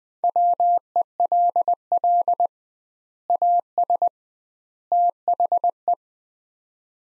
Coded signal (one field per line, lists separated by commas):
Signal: Morse code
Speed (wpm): 21 wpm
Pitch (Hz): 700 Hz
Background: none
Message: WELL AS THE